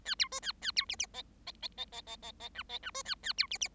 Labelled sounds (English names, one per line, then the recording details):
Bengalese Finch song
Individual Bird7